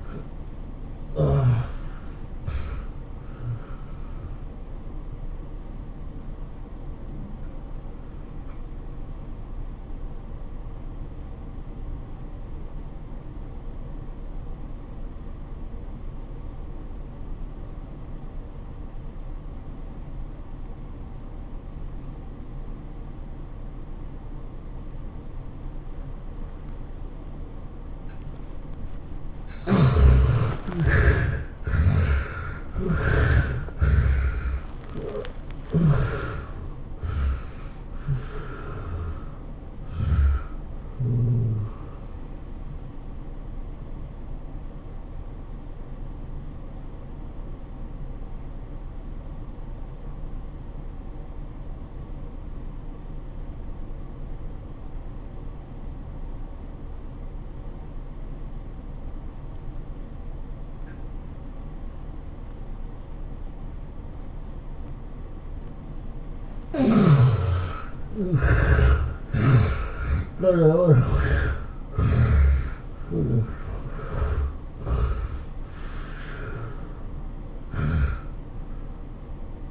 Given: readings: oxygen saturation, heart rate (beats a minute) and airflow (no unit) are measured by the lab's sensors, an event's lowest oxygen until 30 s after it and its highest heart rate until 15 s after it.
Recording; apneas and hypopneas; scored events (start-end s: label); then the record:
breathing in sleep by a smartphone at the bedside; 2
3.00-29.40 s: hypopnea (N1, oxygen 90% highest, then 69% lowest, heart rate 110 at the start, 112 highest)
48.00-68.20 s: obstructive apnea (N1, oxygen 95% highest, then 71% lowest, heart rate 97 at the start, 108 highest)
56.00-79.70 s: new sleep stage, N2 (light sleep)
From the record:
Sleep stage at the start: N1 (lightest sleep); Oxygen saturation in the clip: 69 to 95%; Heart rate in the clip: 76 to 112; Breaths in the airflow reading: 11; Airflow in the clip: -18.0 to 16.7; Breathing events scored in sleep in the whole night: 403 in 5.5 hours asleep